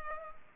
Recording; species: mosquito wingbeat signal from an infrared sensor; Culex pipiens